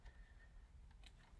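The other end of a power supply cable is pushed into its socket during a custom PC build, with faint ticks over a low background hum. It seats with a short, sharp click at 1.1 s, and both ends of the cable are then confirmed in place.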